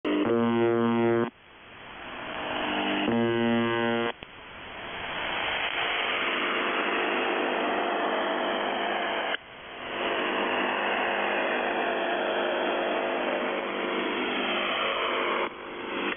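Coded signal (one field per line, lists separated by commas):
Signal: numbers station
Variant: UVB-76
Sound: two low rasping buzzes about a second long each, then steady hiss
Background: radio static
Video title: The Buzzer/UVB-76(4625Khz) Feb. 4th 2020 15:08UTC Voice message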